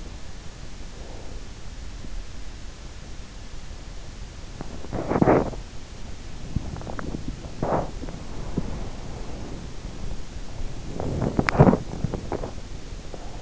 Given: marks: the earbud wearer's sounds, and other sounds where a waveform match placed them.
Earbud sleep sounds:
sounds in sleep by an in-ear microphone; breath, body movement
0.70-2.70 s: breath
4.81-13.42 s: body movement

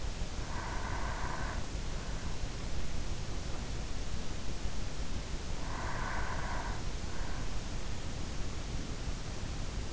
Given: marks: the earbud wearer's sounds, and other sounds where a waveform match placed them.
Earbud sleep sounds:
sounds in sleep by an in-ear microphone; breath
0.00-1.77 s: breath
5.08-6.97 s: breath

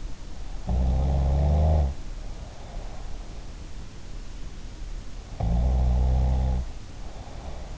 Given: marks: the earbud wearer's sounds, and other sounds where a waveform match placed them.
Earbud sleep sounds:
sounds in sleep by an in-ear microphone; snoring breath
0.57-3.01 s: snoring breath
5.28-7.78 s: snoring breath

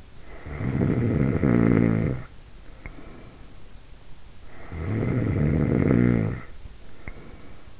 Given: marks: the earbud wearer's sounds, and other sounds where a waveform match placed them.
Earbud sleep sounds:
sounds in sleep by an in-ear microphone; snoring breath
0.32-3.86 s: snoring breath
4.49-7.80 s: snoring breath

